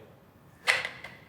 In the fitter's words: then you're going to give it a good solid push you're going to hear it click